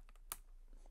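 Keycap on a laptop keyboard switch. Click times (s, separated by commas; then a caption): 0.3 s. A plastic keycap on an M2 MacBook Air laptop keyboard is pried with a playing card and toothpick slid under the key while pressure is held on the top of the key and it is lifted. Two faint ticks come before a single sharp click at 0.3 s as the bottom clips pop off the scissor switch, releasing the keycap. No one talks.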